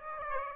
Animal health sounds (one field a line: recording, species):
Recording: mosquito wingbeat signal from an infrared sensor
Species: Aedes aegypti